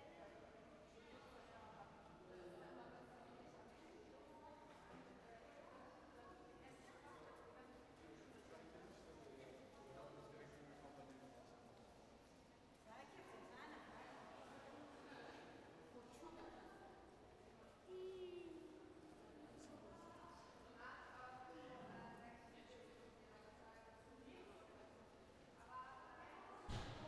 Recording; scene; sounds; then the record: everyday scene through a hearing-aid microphone; reverberant space; background noise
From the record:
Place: railway station hall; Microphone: behind the ear, right, front